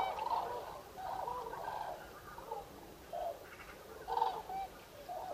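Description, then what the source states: Common cranes calling, with short bugled phrases in groups separated by brief quieter gaps. Recorded 5 November 2018.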